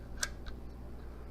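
The plastic side gripping arms of an iOttie One Touch 4 dashboard and windshield phone mount cradle are pulled open by hand until they catch and lock in the open position. A sharp click is heard at 0.2 s, followed by a fainter tick at 0.5 s over a low background hum. The arms are locked open.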